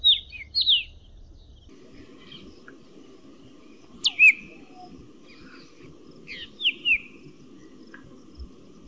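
Black drongo calls: short, sharp, downslurred high notes in pairs, spaced by several seconds of quiet, with a low rumble early on.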